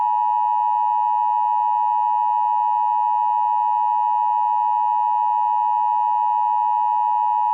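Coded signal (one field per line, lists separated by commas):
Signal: Emergency Alert System (SAME) tones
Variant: 853 and 960 Hz attention tone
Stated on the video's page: Fictional EAS scenario in a short analog horror film.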